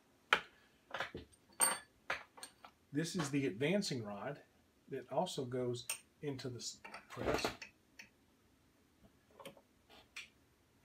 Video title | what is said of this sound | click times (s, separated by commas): 308 Winchester Ammo Reload or Build - Lee Turret Press | it's going to go in here and lock into place | 0.3 s